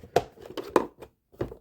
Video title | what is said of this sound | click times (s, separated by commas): The New Fright Zone from Masters of The Universe Origins MOTU Evil Horde Toyline Unboxing and Review | There you go. Clicks into place. Super easy. | 0.2 s, 0.8 s